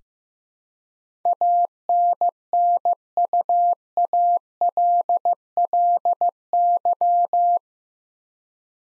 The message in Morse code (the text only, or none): ANNUALLY